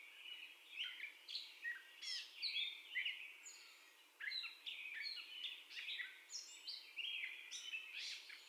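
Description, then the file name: Catbird song, jumbled squeaks, mews and scratchy notes in short varied phrases separated by brief gaps, continuing steadily. First song, 30 May 2021, at 04:48. "2021-05-30 Catbird First Song"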